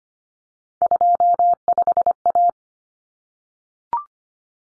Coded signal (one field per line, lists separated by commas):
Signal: Morse code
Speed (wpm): 25 wpm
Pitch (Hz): 700 Hz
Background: none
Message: 25A